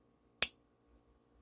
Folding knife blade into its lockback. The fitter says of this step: I mean, you can just hear that click that the buck makes.